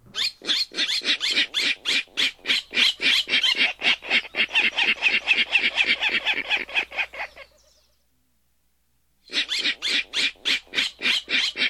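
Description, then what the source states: Virginia rail's rapid grunting waka series, rough pulses about four per second for seven seconds, a pause, then the series resumes. Survey training; the waka waka waka call, speeding up, descending in tone and softening, is generally given in response to tape broadcast; most easily confused with King Rail but less loud and deep.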